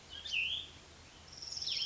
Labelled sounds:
Cassin's Vireo (Vireo cassinii)
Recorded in Sonoma County, California

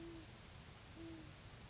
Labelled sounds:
Great Horned Owl (Bubo virginianus)
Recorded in Sonoma County, California

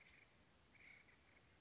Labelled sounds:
Acorn Woodpecker (Melanerpes formicivorus)
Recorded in Sonoma County, California

